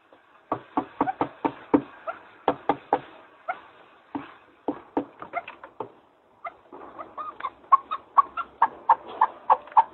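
Partridge call series, quick hoarse clucks in bursts, a short pause near the middle, then a steadier rapid run to the end.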